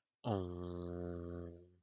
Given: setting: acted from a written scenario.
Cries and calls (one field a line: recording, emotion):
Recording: vocal sound without words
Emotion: serenity